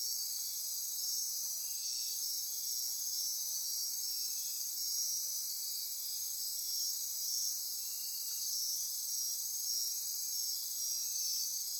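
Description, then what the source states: Insects in a shrill, even chorus of high overlapping trills. Insect chorus recorded at midnight near Corcovado.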